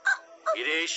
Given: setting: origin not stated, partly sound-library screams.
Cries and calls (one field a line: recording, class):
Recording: one-second piece from a danger detection set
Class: woman in danger